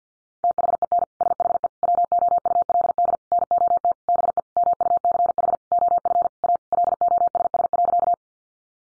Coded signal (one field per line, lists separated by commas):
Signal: Morse code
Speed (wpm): 48 wpm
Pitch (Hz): 700 Hz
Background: none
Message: THEN SHE WOULD NOT BE MUCH OF A LOSS.